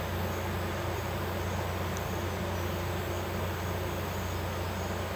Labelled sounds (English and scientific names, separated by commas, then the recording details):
none
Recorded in pastures near Puerto Asís, Putumayo, Colombia, on 12 March 2025 at 12:00
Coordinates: 0.466, -76.322
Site CSA-02